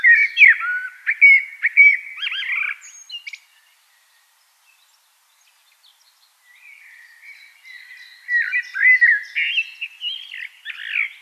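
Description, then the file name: Common blackbird song: two warbled, fluted phrases around mid pitch with twittery ends, separated by roughly three seconds of silence. "Turdus merula"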